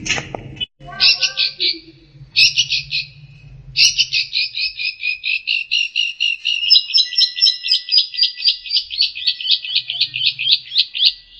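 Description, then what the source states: Long-tailed shrike song: a few scratchy notes, then a long fast run of buzzy, rattling notes repeated about four times a second, high and sustained, with a faint low hum. Master song for training songbirds.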